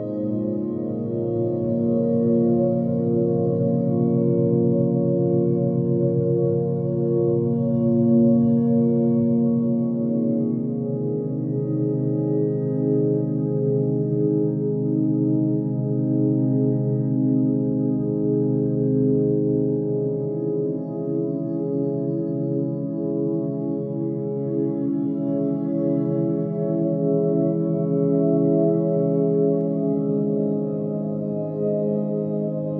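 A steady, humming drone of layered low and middle tones holds unchanged for the whole clip, with a soft pulsing shimmer and no breaks.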